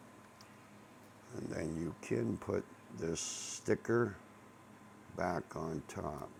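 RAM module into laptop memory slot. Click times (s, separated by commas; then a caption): 0.4 s. A SO-DIMM RAM stick, already inserted at an angle into an Asus laptop's memory slot, is pressed down into its retaining clips and gives a faint click at 0.4 s as it seats. Someone then talks over a quiet background hum.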